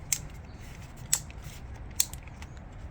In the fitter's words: make sure you hear that snap